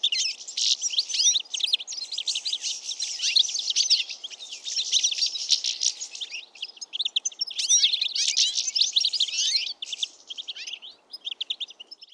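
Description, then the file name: European goldfinch calls, rapid tinkling twitters and liquid chirps in bursts with short gaps, lively and high-pitched throughout. "Carduelis carduelis"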